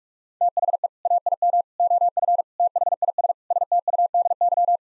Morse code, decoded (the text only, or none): THE AIM OF THIS STUDY